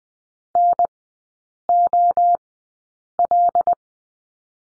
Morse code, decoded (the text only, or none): NOL